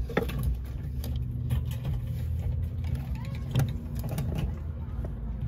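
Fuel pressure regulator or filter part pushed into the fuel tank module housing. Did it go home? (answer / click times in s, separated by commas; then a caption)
no / none. During a fuel filter and pressure regulator replacement on an E90, the fuel pressure regulator or filter part is handled and pushed down toward its housing in the fuel tank module. Brief taps and rattles sound at 0.2, 0.3, 1.0 and 3.6 seconds over a steady low hum. The part has not seated or clicked into place yet.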